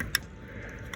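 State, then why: Seated. A second plastic wiring harness connector is pushed onto the VTEC solenoid assembly of a 2003–2005 Honda Accord engine during a gasket repair for an oil leak. A sharp click at 0.2 s shows the connector is fully seated. A fainter tick follows near 0.9 s over a low background rumble.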